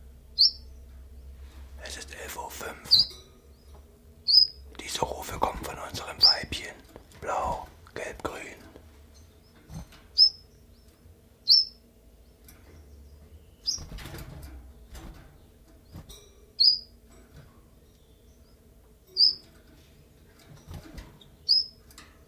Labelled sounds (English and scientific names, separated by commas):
Common Chiffchaff (Phylloscopus collybita)